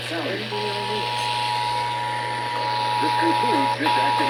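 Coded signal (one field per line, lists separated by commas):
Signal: Emergency Alert System (SAME) tones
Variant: 853 and 960 Hz attention tone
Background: speech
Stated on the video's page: EAS alerts received on NOAA Weather Radio.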